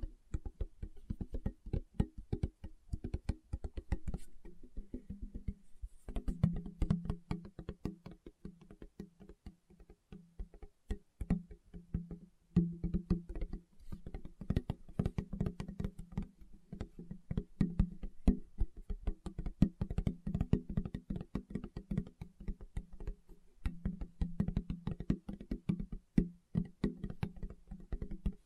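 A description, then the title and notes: Fingertips tap rapidly and irregularly on a surface, producing dense clusters of soft, dull knocks with a low hollow thud beneath them. The tapping runs nearly throughout, with a brief pause around six seconds before it resumes, thickening and thinning in bursts. ASMR Tapping with Fingertips (No Talking).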